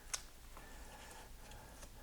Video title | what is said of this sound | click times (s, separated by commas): Entire G-Body Hidden Wiring Harness Build | so if I'm doing this right that should go in hear that little click | 0.1 s